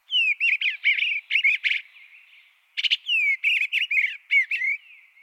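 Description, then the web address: Eastern Bluebird singing two soft, warbled phrases of short, gurgling whistled notes, separated by a brief pause, against a quiet background. Cheerful melody; found along country roads, city parks and open woodlands with plenty of grassy patches. "eastern bluebirds brighten our days"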